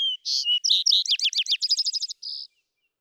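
Vesper sparrow song: an opening whistled note, then a tumbling series of slurred phrases that speeds into a rapid trill, closing with a short buzzy note.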